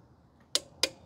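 A torque wrench set to 5 ft-lb tightens a small thread-locked suspension fastener, rated 6.6 ft-lb, during an Öhlins suspension install on a Rebel 1100. Against a quiet background, two sharp metallic clicks ring out at 0.6 s and 0.8 s. The wrench clicks at its 5 ft-lb setting and is then taken a little past it because the fastener is rated 6.6 ft-lb.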